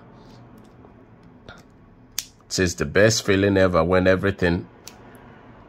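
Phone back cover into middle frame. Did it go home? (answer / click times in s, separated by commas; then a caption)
yes / 2.2 s. A plastic back cover is pressed into the middle frame of a Samsung A21s phone during a screen replacement, and a sharp click at 2.2 s marks a clip snapping into place. Someone then talks over quieter faint clicks, and the cover is seated.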